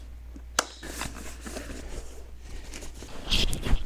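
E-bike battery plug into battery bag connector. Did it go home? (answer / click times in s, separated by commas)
no / none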